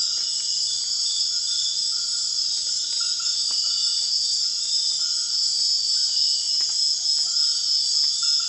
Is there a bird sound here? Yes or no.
no